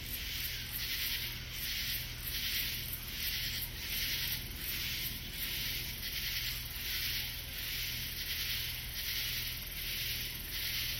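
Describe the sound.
Katydid rasping stridulation, harsh scratchy pulses coming in regular bursts a little under a second apart, with a steady low hum beneath.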